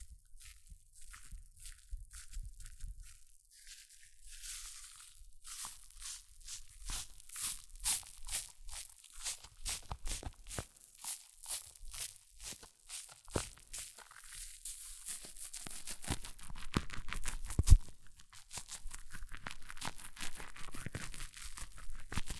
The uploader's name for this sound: Extreme Fizzing Tingles Hair Mousse Sounds